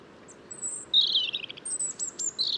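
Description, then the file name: European robin with a short, bright song burst: a thin high whistle, then a tumbling trill and a few clipped notes at very high pitch. "Erithacus rubecula"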